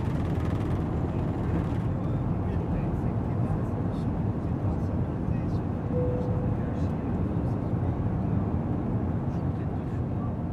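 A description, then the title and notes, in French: Airplane taking off from Delhi for Kathmandu: a steady, dense low roar throughout, with faint clicks and a brief tone near six seconds. Installation et décollage. Décollage pour Katmandou depuis Delhi. Ça vibre et ça claque un peu quand même !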